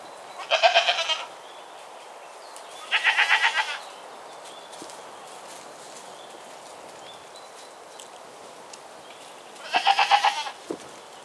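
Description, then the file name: Goat bleats, three harsh wavering calls, two in the first few seconds and one near the end, with quiet between them. Goats walking. "Mamífers Cabres-passejant"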